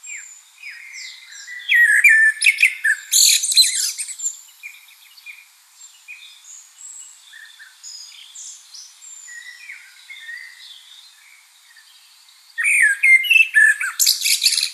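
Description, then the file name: Common blackbird delivering two loud song phrases of fluted whistles and shrill twittering, separated by a long stretch of quiet, scattered soft notes. "Turdus merula"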